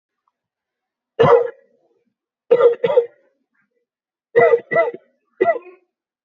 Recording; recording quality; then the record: heavy voluntary cough; excellent, no background noise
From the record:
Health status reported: healthy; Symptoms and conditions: none ticked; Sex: male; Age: 30 years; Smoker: not ticked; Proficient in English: yes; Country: India